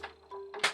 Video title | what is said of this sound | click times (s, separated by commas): Haslab UNICRON: EmGo's Transformers Reviews N' Stuff | you want to push all the way up until it clicks | 0.5 s, 0.6 s